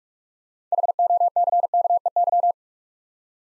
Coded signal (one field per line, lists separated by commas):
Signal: Morse code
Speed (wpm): 44 wpm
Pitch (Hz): 700 Hz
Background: none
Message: HOCKEY